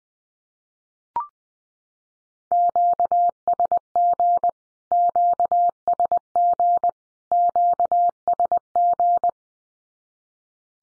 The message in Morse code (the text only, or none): QSG QSG QSG